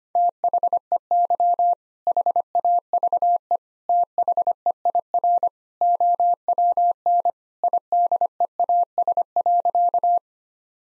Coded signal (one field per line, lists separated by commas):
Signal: Morse code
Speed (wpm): 25 wpm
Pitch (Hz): 700 Hz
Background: none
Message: THEY HAVE THEIR OWN IDEAS.